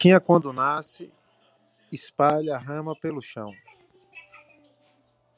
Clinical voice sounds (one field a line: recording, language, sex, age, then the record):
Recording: short text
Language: Brazilian Portuguese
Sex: male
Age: 40 to 49 years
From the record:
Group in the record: control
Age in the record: 42 years